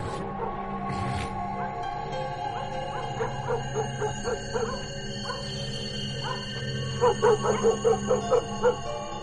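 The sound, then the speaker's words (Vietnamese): At night, dogs at the end of the road yip and whimper in two rhythmic runs of short, high-pitched cries, the second run louder, over a steady low droning background. “Văng vẳng ở đầu đường, tiếng chó cắn ma cứ nhấm nha nhấm nhặng”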